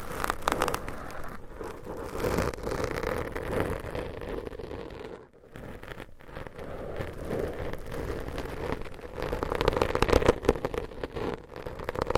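Soft, dense tapping and scratching runs almost without pause, a busy crackling texture centered in the middle range with a faint low rumble beneath. It drops away briefly around five seconds, then resumes and grows a little stronger toward the end.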